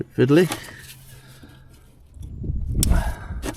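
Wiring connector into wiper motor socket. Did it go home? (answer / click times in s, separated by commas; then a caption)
yes / 2.8 s. Someone talks briefly while a wiring connector is fiddled with and pushed onto the wiper motor socket, with soft handling noises building from about 2.1 s. One sharp, loud click at 2.8 s marks the connector seating in place.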